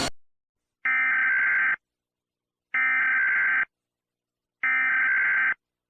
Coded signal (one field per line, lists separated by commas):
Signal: Emergency Alert System (SAME) tones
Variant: header bursts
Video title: EAS Scenario - The Happy Bear (Part 4) Collaboration with @pierosebastiani-eas